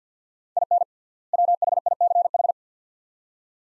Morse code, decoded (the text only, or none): IN WHICH